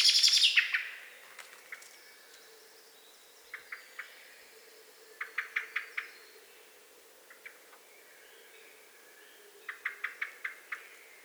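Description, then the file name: Eurasian blackbird calling with short clipped ticks in loose clusters of several, spaced by silent gaps; a brief louder burst opens the recording. "Turdus merula"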